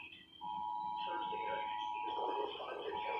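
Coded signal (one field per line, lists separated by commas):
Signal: Emergency Alert System (SAME) tones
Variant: 853 and 960 Hz attention tone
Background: speech, music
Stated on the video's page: Presidential EAS test alert received on Android phones; the filming phone's audible alert was silenced and vibration off.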